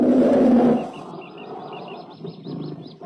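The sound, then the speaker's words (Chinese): A bear lets out one deep, rumbling growl lasting under a second, then falls quiet while faint, high bird chirps repeat in a steady pattern over low background noise. “让熊瞎子舒舒服服的给舔了，磕碜！”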